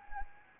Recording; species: mosquito wingbeat signal from an infrared sensor; Anopheles arabiensis